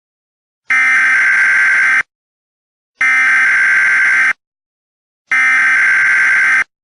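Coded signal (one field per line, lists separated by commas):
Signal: Emergency Alert System (SAME) tones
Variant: header bursts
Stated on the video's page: Fictional paranormal emergency scenario for entertainment, using valid EAS tones.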